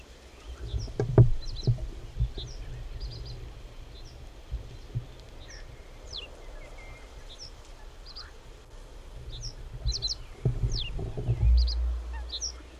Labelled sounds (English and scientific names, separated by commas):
Reed Bunting (Emberiza schoeniclus) song